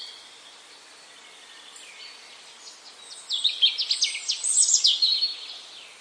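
Bird chirps: mostly faint hiss for three seconds, then a rapid run of sharp, high twittering notes lasting about two seconds.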